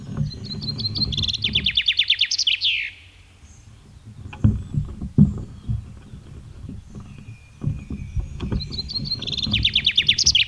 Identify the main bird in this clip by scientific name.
Fringilla coelebs